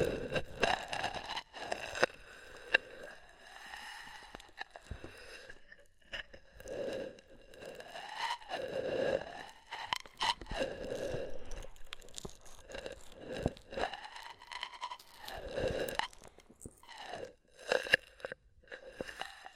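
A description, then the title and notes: Soft, wet squishing and crackling from an oily, foamy ear massage, with crunchy, sticky bursts that come and go every second or two. The sounds rise and fall in short swells with bright crackle, and brief quiet gaps fall between the strokes. ASMR Oil, Foam and Tingly Ear Massage for Stress Relief (No Talking).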